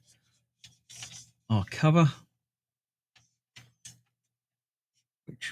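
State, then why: Seated. A plastic cover is lined up and pressed onto the front suspension assembly of a Hachette 1:8 scale Batman Tumbler model car (Issue 101) while someone talks, with a few light clicks of handling along the way. A sharp snap at 5.4 s marks the cover seating firmly in place.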